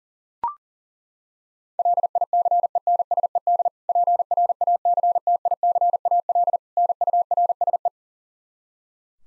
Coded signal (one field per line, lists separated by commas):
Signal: Morse code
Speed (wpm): 40 wpm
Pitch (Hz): 700 Hz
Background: none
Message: LICENSED PRACTICAL NURSE